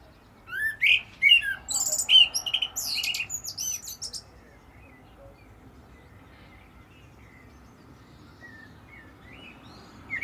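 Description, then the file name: Common blackbird sings one phrase of rich fluted whistles dissolving into a high chattering twitter, then a long quiet stretch and another note at the very end. "Turdus merula"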